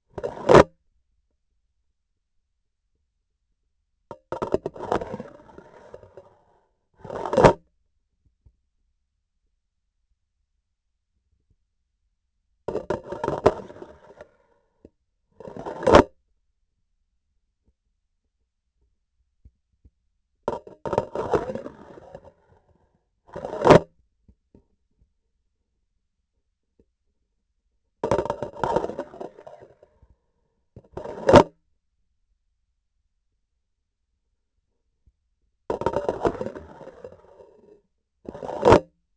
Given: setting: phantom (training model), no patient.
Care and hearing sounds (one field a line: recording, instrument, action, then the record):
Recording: laparoscopic instrument, vibration sensor on the handle end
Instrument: grasping forceps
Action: insertion and removal through the trocar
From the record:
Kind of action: spatial motion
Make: other than Olympus